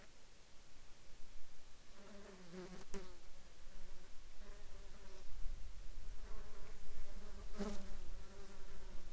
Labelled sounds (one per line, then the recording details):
insects
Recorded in the Arctic National Wildlife Refuge, Alaska, on 27 July 2021 at 13:36
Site 35